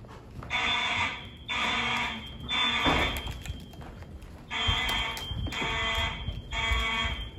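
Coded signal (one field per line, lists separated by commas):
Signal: alarm pattern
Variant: mechanical horn, temporal-3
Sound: harsh buzzing horn blasts, three in a row, a pause, then three more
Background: indoor hallway echo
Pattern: temporal three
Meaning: Temporal-three fire alarm evacuation signal, sounded here as a test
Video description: The horn strobes chosen were Siemens U-HN mechanical horn strobes in the hallways (possibly Harrington rebrands) and wheelock MIZ-LSM horn strobes in the classrooms.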